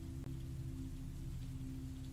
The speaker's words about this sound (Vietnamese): Văng vẳng đâu đó tiếng ếch nhái trong tiếng mưa.